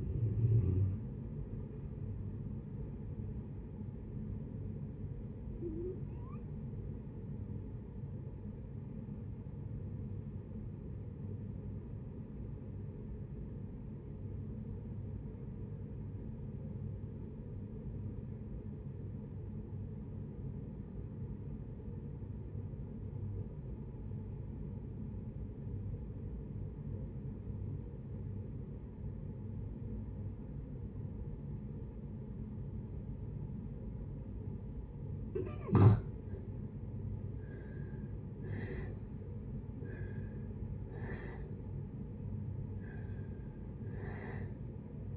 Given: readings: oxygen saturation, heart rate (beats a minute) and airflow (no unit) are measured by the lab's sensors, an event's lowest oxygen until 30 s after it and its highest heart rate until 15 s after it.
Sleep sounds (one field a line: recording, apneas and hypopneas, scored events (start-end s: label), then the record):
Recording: breathing in sleep by a smartphone at the bedside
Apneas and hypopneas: 1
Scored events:
9.00-35.60 s: obstructive apnea (N1, oxygen 95% highest, then 71% lowest, heart rate 61 at the start, 74 highest)
From the record:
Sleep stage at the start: N1 (lightest sleep)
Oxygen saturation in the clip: 69 to 95%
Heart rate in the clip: 55 to 74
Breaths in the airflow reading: 6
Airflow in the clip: -9.1 to 10.7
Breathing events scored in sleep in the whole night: 496 in 5.4 hours asleep